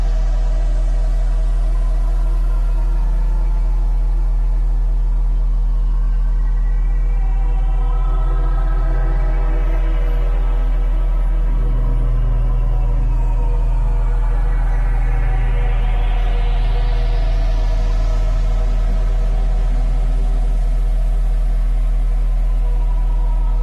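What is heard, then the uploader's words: Steady layered tones built on 174Hz, 417Hz and 741Hz hold throughout, while brighter sweeping glides rise and fall across them, especially midway and near the end. 174Hz+417Hz+741Hz.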